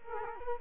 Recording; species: mosquito wingbeat signal from an infrared sensor; Culex quinquefasciatus